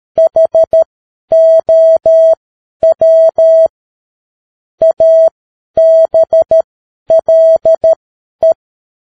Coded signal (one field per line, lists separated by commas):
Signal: Morse code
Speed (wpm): 13 wpm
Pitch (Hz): 650 Hz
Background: none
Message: HOW ABLE